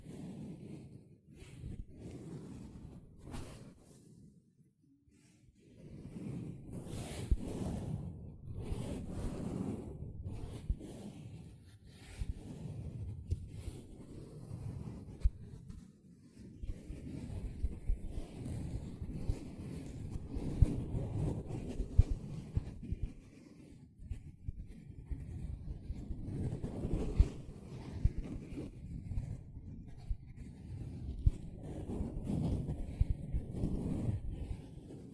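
A sponge is squished and scratched, making dense, irregular rustling and crunching that stays mostly low and muffled. The sound comes in bursts separated by brief quiet gaps, with a longer pause near five seconds, and the busy handling continues steadily afterward.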